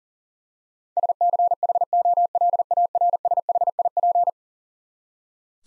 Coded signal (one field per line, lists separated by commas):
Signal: Morse code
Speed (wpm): 40 wpm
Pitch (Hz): 700 Hz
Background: none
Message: SCHOLARSHIP